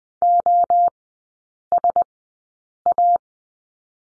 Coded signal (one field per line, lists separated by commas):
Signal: Morse code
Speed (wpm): 20 wpm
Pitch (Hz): 700 Hz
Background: none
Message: OSA